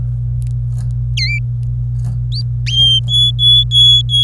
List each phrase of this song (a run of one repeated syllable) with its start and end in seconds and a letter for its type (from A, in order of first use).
1.17-1.39 A, 2.32-2.41 B, 2.66-4.24 C